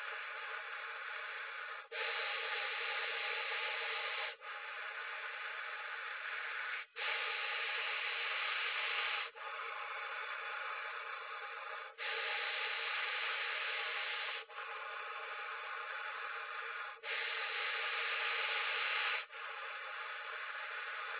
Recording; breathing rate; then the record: paced breathing near a phone; 12 breaths a minute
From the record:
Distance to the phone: 20 cm